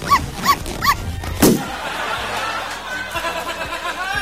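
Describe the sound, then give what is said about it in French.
Three quick, high-pitched dog yelps in an even rhythm, followed by a sudden sharp burst and a stretch of hissing, crackly noise. “Pour son anniversaire, je lui ai offert un petit chien en ballon. Et elle l'a tué.”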